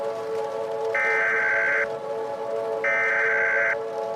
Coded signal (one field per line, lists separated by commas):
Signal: Emergency Alert System (SAME) tones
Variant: header bursts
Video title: IN THE PRAIRIE: [EAS Tornado Scenario]